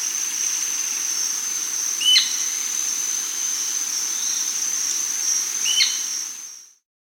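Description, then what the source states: Amazonian royal flycatcher gives two sharp, brief notes about four seconds apart, against a constant high-pitched whine, before the sound fades out. South America.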